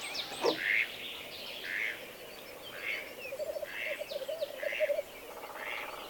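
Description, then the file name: Mallard quacks, rough nasal calls repeated about once a second, with a rapid pulsing flutter beneath them midway through. Mallard duck flying away. "Digiffects Sound Effects Library - Mallard Duck Flying Away"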